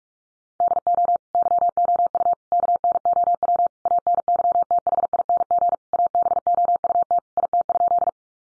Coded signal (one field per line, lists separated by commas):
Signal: Morse code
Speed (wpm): 44 wpm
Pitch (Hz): 700 Hz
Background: none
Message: DO YOU KNOW ANYTHING ABOUT IT?